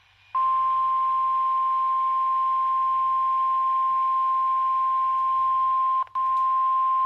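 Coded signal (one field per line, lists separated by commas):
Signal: Emergency Alert System (SAME) tones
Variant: 1050 Hz attention tone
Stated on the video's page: Missouri annual tornado drill alert received on a NOAA weather radio, alongside outdoor sirens.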